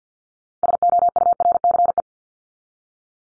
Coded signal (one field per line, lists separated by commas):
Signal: Morse code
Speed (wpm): 48 wpm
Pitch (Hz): 700 Hz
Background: none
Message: SOURCE